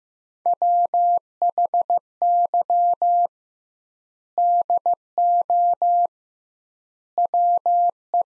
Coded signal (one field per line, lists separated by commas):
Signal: Morse code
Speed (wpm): 15 wpm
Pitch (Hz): 700 Hz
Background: none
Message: WHY DO WE